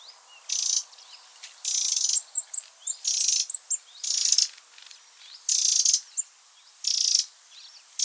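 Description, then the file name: Eurasian wren churring in harsh rattled bursts, nearly one per second, interspersed with brief clicks and thin upward-sweeping chirps. "Troglodytes troglodytes"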